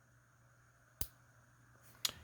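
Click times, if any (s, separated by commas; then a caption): 1.0 s, 2.1 s. A spring-loaded carbon motor brush is slipped into the riveted metal brush holder of an AFX/Tyco CC-03 slot car chassis. Two short, sharp clicks ring out at 1.0 s and 2.1 s over a quiet, steady background hum. The brush is seated in its holder.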